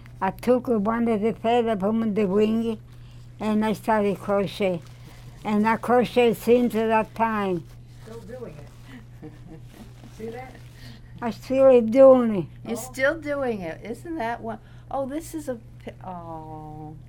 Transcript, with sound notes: I took one of the feather from the wing and I started crochet. And I crochet since that time.
Still doing it. [chuckles] See that?
I still doing it.
You're still doing it! Isn't that won — oh, this is a — oh.